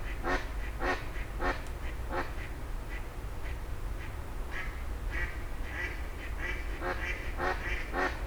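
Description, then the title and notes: Grey herons exchanging rough, hoarse croaks, some spaced and some in quick runs, over a persistent low traffic rumble. Several grey herons exchanging calls at 04:00 as traffic gradually resumes, Fenouillet, France. "44 Rue des Gourgues, 31150 Fenouillet, France - 04h00-Dialogue de Hérons cendrés. 04h00-Alors que la circulation reprend peu à peu, des hérons cendrés se font des politesses"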